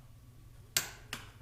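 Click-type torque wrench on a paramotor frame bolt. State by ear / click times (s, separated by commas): torque reached / 0.8 s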